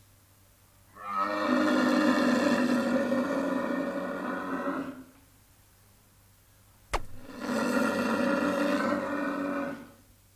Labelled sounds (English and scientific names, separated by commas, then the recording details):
One-humped Camel (Camelus dromedarius)
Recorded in captivity
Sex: pair
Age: adult
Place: Zoo Rostock, Mecklenburg-Vorpommern, DE
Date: 1984-02-02 13:36
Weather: overcast, 2°C
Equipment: Nagra SN, Kopie Uher 4000 Report Monitor
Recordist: Tembrock, Günter